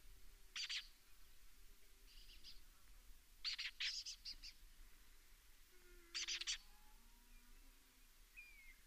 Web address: sound Lesser-kestrel. صدای-پرنده-دلیجه-کوچک